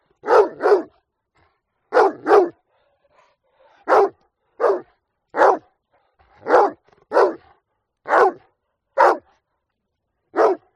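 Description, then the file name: Dog barking in pairs and singles, sharp loud woofs spaced roughly a second apart throughout. "audio hero Dog"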